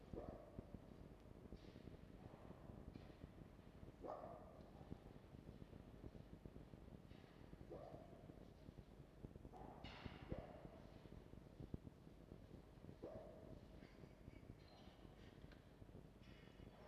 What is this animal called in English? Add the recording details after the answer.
Red Fox. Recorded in captivity. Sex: female. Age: adult. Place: Zoologisches Institut der HUB, Berlin, DE. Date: 1952-01-28 12:00. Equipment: Elmetra. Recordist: Tembrock, Günter